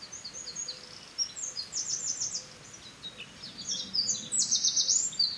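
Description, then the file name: Eurasian wren song: a fast, jumbled stream of very high twittering notes, with a bright rattling trill near the end and a low constant hiss underneath. "Troglodytes troglodytes"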